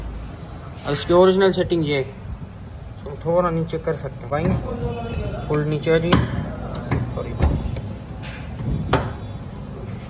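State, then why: Seated. A folding seat or panel in a car is pushed fully down while someone talks, giving a few knocks around 6.9 s and 7.8 s. A loud latch hit follows at 8.9 s, and the lowered part latches locked.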